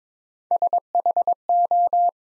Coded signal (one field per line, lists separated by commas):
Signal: Morse code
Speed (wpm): 22 wpm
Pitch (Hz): 700 Hz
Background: none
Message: SHO